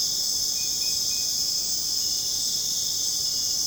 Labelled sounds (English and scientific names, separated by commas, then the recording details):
none
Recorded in dense forest near Puerto Asís, Putumayo, Colombia, on 23 June 2025 at 22:30
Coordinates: 0.486, -76.317
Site G065